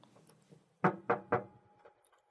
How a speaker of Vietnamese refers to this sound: có tiếng gõ cửa.